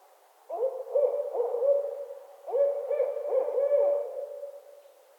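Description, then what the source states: Barred owl giving two phrases of wavering, cackling hoots. Owls calling during mating season in northern Michigan.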